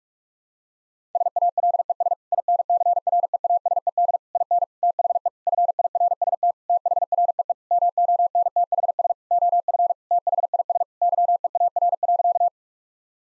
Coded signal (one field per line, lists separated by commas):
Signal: Morse code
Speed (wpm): 41 wpm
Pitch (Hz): 700 Hz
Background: none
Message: SALES INCREASED IN THE FIRST THREE MONTHS OF THIS YEAR.